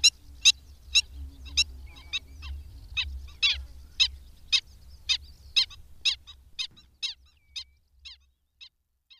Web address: Madardalok Cd 3. Gólyatöcs